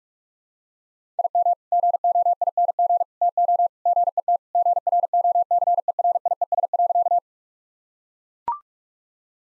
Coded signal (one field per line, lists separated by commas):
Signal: Morse code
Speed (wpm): 42 wpm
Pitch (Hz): 700 Hz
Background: none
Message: IM GOING TO GET GROCERIES.